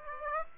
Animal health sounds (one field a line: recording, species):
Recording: mosquito wingbeat signal from an infrared sensor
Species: Aedes aegypti